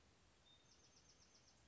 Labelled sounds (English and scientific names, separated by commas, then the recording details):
Bewick's Wren (Thryomanes bewickii)
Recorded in Sonoma County, California